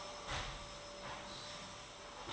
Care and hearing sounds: daily activity, microphone in the room; vacuum cleaning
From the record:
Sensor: 3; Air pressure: 1011.9 hPa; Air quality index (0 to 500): 236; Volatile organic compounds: 5 ppm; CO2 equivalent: 1750 ppm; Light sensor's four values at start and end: 10/23/9/9 and 10/23/9/9

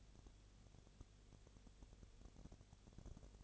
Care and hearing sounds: daily activity, microphone in the room; no activity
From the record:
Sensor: 4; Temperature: 22.6 degrees Celsius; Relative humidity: 32.0%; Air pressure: 1008.1 hPa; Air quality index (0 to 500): 114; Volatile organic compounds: 2 ppm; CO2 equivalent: 1103 ppm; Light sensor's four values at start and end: 2/3/1/1 and 2/3/1/1

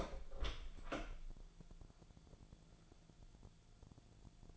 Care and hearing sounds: daily activity, microphone in the room; open door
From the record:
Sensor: 5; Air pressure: 1000.5 hPa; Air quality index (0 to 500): 154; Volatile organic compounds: 2 ppm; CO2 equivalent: 1182 ppm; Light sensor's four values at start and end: 50/117/49/52 and 50/116/49/52

